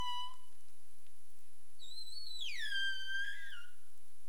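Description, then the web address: Humpback whale giving a brief steady tone, then a long harmonic-rich call that dips and slides downward before levelling off, over a constant low underwater hiss. Recorded 27 April 2035 at about 22:11 UTC. "CARIMAM clean data humpback whale"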